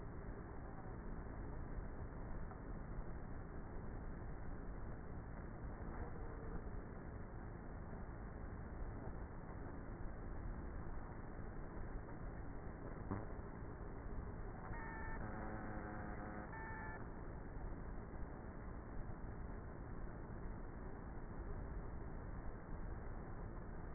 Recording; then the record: honeybee colony, microphone inside the hive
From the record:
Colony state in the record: queenless with a low population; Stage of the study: before two queens were removed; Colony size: about 30,000 bees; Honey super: no